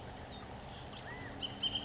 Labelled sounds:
Bullock's Oriole (Icterus bullockii)

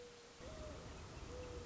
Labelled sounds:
Mourning Dove (Zenaida macroura)

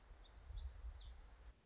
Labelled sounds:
Black-throated Gray Warbler (Setophaga nigrescens)

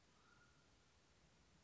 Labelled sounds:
Mountain Quail (Oreortyx pictus)

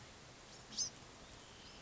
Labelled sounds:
Bewick's Wren (Thryomanes bewickii)

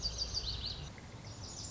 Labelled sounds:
Lazuli Bunting (Passerina amoena)

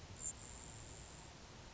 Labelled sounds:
Grasshopper Sparrow (Ammodramus savannarum)

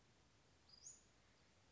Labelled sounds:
Western Flycatcher (Empidonax difficilis)

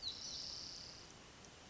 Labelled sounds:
Spotted Towhee (Pipilo maculatus)

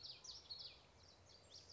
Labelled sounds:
Common Yellowthroat (Geothlypis trichas)

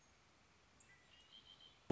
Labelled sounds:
Red-winged Blackbird (Agelaius phoeniceus)

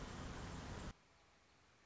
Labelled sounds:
Red-winged Blackbird (Agelaius phoeniceus)

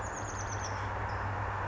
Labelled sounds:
Chestnut-backed Chickadee (Poecile rufescens)

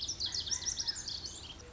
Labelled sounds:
Lazuli Bunting (Passerina amoena)

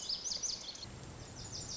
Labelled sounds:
Lazuli Bunting (Passerina amoena)

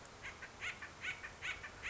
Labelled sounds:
Acorn Woodpecker (Melanerpes formicivorus)

